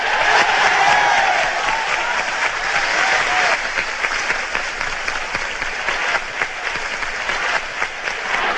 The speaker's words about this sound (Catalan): Compañeros españoles, compañeros del universo que es nuestra patria, no destrocéis vuestras manos aplaudiendo al orador.